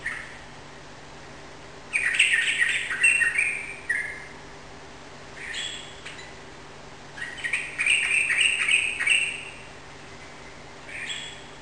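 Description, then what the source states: Yellow-vented bulbul song in two bouts of rapid, chattering notes, each about two seconds long, with shorter fragments and quiet pauses between. Rapid song in the 'ropel' style, recorded indoors in a room; local Indonesian name trucukan.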